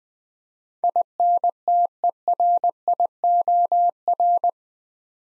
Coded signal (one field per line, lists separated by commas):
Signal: Morse code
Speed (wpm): 20 wpm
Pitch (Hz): 700 Hz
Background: none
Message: INTERIOR